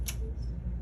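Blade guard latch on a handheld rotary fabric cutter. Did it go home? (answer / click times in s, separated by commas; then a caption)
yes / 0.1 s. Rolling the rubber-stripped grip of a 45 mm handheld rotary fabric cutter forward retracts the blade guard, which latches open with a short, sharp click at 0.1 s. The click means the guard is locked open, the cutter is engaged and will not close on the user. A low background hum continues throughout.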